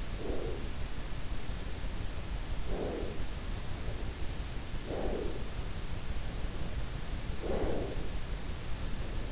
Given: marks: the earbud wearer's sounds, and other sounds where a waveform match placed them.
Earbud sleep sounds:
sounds in sleep by an in-ear microphone; breath
0.00-1.00 s: breath
2.37-3.52 s: breath
4.53-5.74 s: breath
7.11-8.22 s: breath

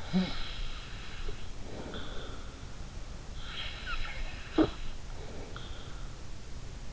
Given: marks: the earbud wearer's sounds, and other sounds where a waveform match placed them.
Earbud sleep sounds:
sounds in sleep by an in-ear microphone; snoring breath
0.00-2.68 s: snoring breath
3.43-6.16 s: snoring breath
4.45-4.77 s: sound from someone else or the room

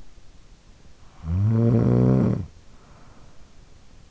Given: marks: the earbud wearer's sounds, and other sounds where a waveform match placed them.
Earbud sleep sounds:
sounds in sleep by an in-ear microphone; snoring breath
0.74-3.77 s: snoring breath

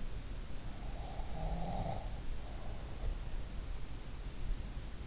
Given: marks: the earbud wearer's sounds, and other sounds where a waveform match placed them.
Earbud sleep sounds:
sounds in sleep by an in-ear microphone; breath
0.62-3.67 s: breath

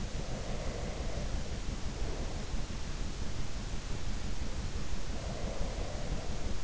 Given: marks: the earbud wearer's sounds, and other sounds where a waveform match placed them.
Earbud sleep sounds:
sounds in sleep by an in-ear microphone; breath
0.15-2.46 s: breath
5.21-6.64 s: breath

